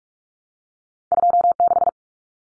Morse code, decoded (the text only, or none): 26